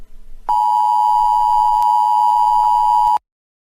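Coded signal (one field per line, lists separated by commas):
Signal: Emergency Alert System (SAME) tones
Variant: 853 and 960 Hz attention tone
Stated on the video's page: Fictional scenario alert about a rampaging Hulk.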